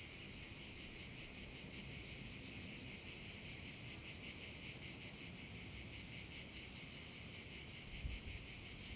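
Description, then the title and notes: Cicadas in full chorus, a constant high rattling drone with rapid regular pulsing, and a short low bump near the end. Several cicadas over the Vallo di Diano valley, Geoparco Padula, Italy; recorded with a Zoom H6 and MS capsule. "Geoparco Padula - Cicale sulla valle del Diano. Registrato con Zoom H6 e capsula MS"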